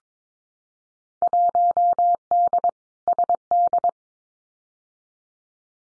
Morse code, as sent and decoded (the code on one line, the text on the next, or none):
.---- -.. / ... -..
1D SD